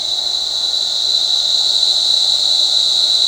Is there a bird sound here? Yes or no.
no